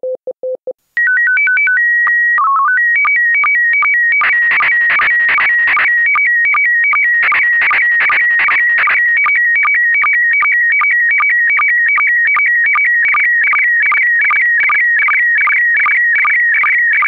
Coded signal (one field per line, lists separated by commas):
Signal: SSTV (slow-scan television)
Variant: PD 50